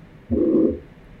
The stethoscope is going to be at the apex of the left ventricle, and the heart rate is going to be about 60. The diagnosis is mitral regurgitation. The characteristic findings are plateau systolic murmur, not crescendo decrescendo.